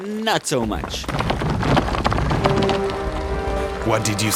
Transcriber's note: sound of earthquake, stones falling